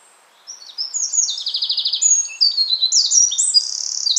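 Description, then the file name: Eurasian wren song opening with sharp high notes, then a fast rattling trill and a rush of shrill, tumbling phrases, still going when the recording stops. "Troglodytes troglodytes"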